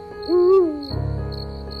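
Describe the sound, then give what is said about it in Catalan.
A little owl living in a pine tree by a round pond gives one loud, mellow hoot that swells and rises slightly in pitch, over a steady high insect trill, followed by a low, rapidly pulsing rumble. “Però si parem bé l'orella, podrem escoltar un mussol que viu al pi de la bassa rodona.”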